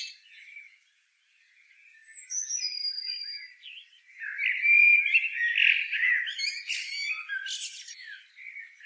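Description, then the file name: Eurasian blackbird uttering a few thin descending whistles, then a dense burst of scratchy, squeaky chatter and high twittering notes toward the end. "Turdus merula"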